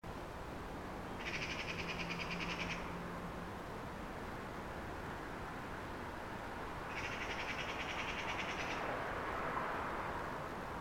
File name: Pica pica